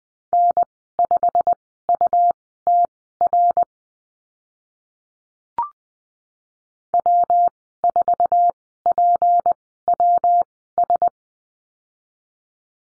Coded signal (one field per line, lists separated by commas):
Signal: Morse code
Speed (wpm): 20 wpm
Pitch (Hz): 700 Hz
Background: none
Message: N5UTR W4PWS